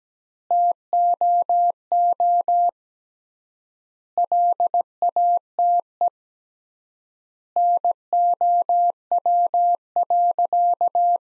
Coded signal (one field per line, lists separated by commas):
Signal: Morse code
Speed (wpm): 17 wpm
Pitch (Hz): 700 Hz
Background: none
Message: TOO LATE NOW.